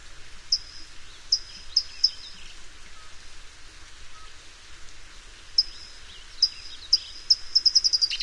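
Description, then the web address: California towhee song: bright chips in short groups, a quiet gap, then chips quickening into a rapid trill at the end. "Songs of Birds of North America Know Your Bird Sounds Common Western Species. California Towhee"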